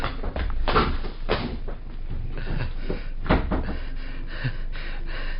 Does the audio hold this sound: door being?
yes